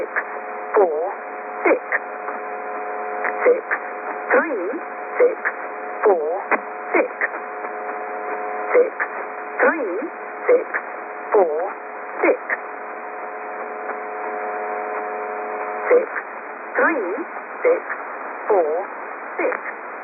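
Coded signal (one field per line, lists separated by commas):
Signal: numbers station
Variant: Lincolnshire Poacher, English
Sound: short, evenly spaced spoken words over a faint steady hum on shortwave radio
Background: radio static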